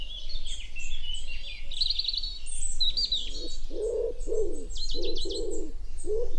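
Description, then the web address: Common wood pigeon coos begin midway, a run of low hollow notes, while other birds chirp and twitter in short high bursts. "cianscape. Deverinetal. Bird Only"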